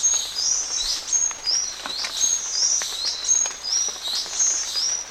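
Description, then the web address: Buff-tailed sicklebill calls: high, thin whistled notes repeated steadily about once a second, against a constant background hiss. Ecuador. "Birds of Ecuador Buff-tailed Sicklebill"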